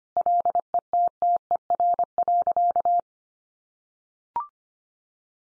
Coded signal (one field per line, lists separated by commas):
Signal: Morse code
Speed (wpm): 25 wpm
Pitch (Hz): 700 Hz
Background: none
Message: LETTER.